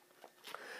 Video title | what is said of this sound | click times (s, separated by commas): 3D Printed Model Rocket - MikesInventions | they slide into the motor mount here and then snap in place | 0.5 s